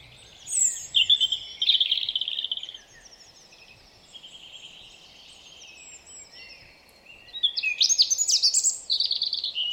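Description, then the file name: European robin singing high, liquid phrases that mix sweet whistles with rapid jingling trills, a quiet stretch of soft twitters in the middle, then another bright burst. "Erithacus rubecula"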